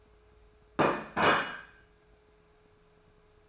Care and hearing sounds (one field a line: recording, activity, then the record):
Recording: daily activity, microphone in the room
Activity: place plate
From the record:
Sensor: 2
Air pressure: 1015.0 hPa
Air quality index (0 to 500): 203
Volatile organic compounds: 20 ppm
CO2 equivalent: 2684 ppm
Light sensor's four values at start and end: 18/43/18/20 and 20/48/21/23